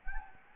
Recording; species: mosquito wingbeat signal from an infrared sensor; Anopheles gambiae